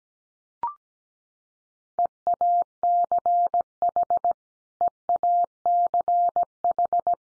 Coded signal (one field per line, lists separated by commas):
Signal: Morse code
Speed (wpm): 17 wpm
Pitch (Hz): 700 Hz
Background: none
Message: EACH EACH